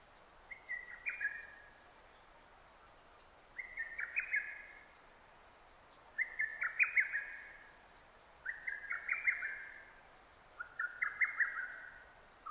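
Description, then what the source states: Lesser cuckoo song, five loud phrases of sharp, rapidly stuttered whistles, each cluster running about a second, repeated roughly every two and a half seconds. Recorded 6 June 2009.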